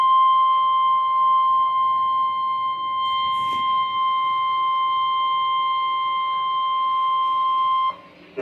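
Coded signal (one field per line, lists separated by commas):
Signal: Emergency Alert System (SAME) tones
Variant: 1050 Hz attention tone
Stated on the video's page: Severe Thunderstorm and Special Marine Warnings received from NOAA Weather Radio transmitters.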